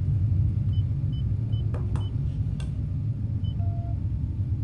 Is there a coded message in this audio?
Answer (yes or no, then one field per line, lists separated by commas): no